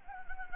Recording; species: mosquito wingbeat signal from an infrared sensor; Anopheles gambiae